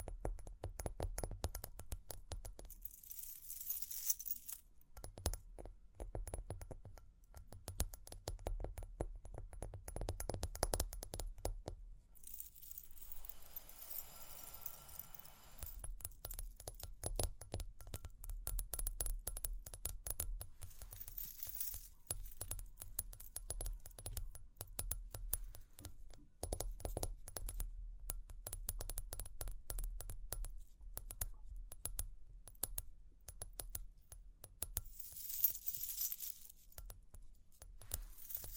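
Rapid tapping and scratching with jingling, metallic clinks continue throughout, with a soft low rumble and brief brighter bursts near 12 and 35 seconds.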